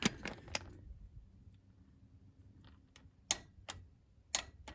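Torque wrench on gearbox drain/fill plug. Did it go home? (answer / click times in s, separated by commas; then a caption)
yes / 3.3 s. A torque wrench tightens the gearbox drain/fill plug on a Mazda MX-5 NC Mk3 Miata during a gearbox oil change, with the tightening repeated so the click can be heard again. A few light ticks come at the start, then the wrench's sharp click sounds at 3.3 s, confirming torque is reached, followed by more metallic ticks. Faint low rumble runs underneath throughout.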